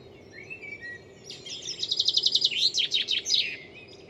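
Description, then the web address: Bird song: a soft lower note first, then a rapid high trill breaking into a run of falling slurred notes for about two seconds. "Deverinetal. Bird Only"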